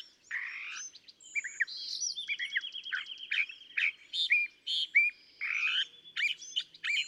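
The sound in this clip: California thrasher singing a long, varied medley of scratchy phrases, rapid repeated notes and clear whistled chirps, almost without pause.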